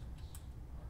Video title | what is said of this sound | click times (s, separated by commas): DIY Quick Tip: Oiling Valves l N-Tune Music | I just insert it far enough and spin it till it won't until it locks in you'll feel it click in and then I | 0.4 s